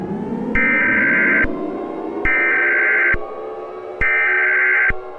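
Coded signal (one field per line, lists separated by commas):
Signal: Emergency Alert System (SAME) tones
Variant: header bursts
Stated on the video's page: Fictional scenario with sirens and distorted effects, containing valid and invalid EAS tones.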